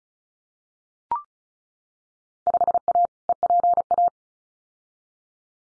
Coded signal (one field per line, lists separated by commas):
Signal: Morse code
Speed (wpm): 36 wpm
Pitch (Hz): 700 Hz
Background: none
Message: 5A EPA